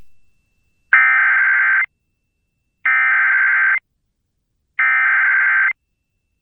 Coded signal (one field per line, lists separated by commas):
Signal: Emergency Alert System (SAME) tones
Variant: header bursts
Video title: EAS #976: EAS Flash Flood Warning- Aug. 23, 2024- 6:55PM PDT